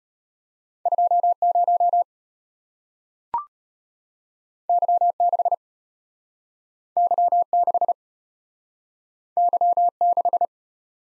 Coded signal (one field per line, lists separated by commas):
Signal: Morse code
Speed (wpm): 34 wpm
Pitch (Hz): 700 Hz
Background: none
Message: 20 Y6 Y6 Y6